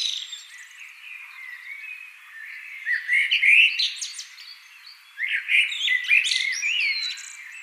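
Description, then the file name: Common blackbird song, soft warbling rising into louder whistled notes and squeaky high twitters in two main bursts. "Turdus merula"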